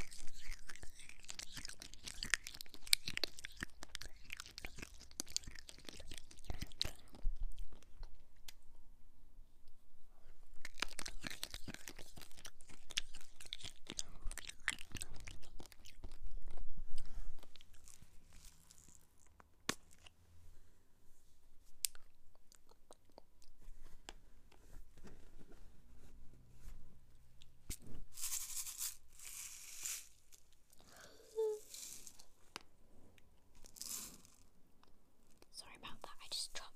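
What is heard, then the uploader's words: ASMR of chocolate, sweets and sprinkles, with crisp crunching and bites in dense bursts, busiest around 0–8 and 10–17 seconds. Quieter stretches hold small clicks, taps and soft rustling, with a few sharp bright crackles near the end. ASMR with chocolate lolly and sweets and sprinkles.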